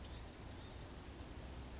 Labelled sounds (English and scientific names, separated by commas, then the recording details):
Blue-gray Gnatcatcher (Polioptila caerulea)
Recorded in Sonoma County, California